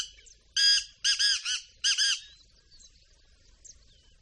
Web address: chernyy frankolin frankolin ptitsa